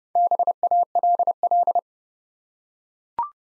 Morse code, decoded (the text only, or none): BALL